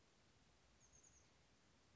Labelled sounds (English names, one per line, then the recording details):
Chestnut-backed Chickadee
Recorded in Sonoma County, California